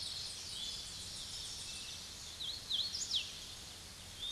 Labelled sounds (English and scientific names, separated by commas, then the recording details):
Hooded Warbler (Setophaga citrina) song
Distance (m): 25 m
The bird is about 10 m above the microphone
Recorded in a Pennsylvania forest on 16 May 2024 at 06:21
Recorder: AudioMoth, point MSD-2429
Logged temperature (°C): 16.7 °C
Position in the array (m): 99 m, 100 m